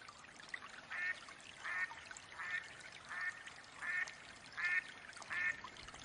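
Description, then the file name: Mallard quacking, seven even, nasal quacks repeated roughly every two-thirds of a second over faint background hiss. Female mallard hen quacking. "Mallard duck quacking call sounds Female Hen"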